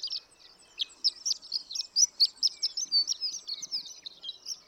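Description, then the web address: Horned lark song, a rapid high tinkling jumble of thin chirps and short trills. "birdsongforthecurious Horned Lark"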